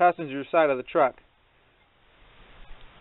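A fuel injector for a 12-valve Cummins is lined up in the cylinder head bore so its locating ball faces the passenger side of the truck, before it is pushed into the notch. Someone talks for the first second or so, followed by near-silence with faint low background noise. Nothing has seated or clicked yet.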